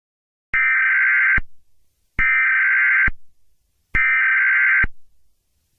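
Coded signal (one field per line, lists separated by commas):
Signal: Emergency Alert System (SAME) tones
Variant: header bursts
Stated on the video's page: Fictional scenario alert, not real.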